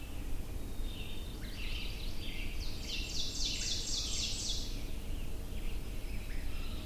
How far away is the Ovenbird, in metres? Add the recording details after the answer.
about 30 m. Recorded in boreal forest in Alberta, Canada, on 22 June 2016 at 07:45. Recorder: SongMeter 3, array SBT-6-76. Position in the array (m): 150 m, 115 m. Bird 3